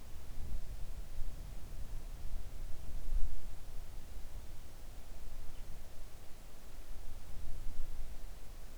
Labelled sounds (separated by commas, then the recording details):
near silence
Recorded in the Arctic National Wildlife Refuge, Alaska, on 3 August 2019 at 05:23
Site 41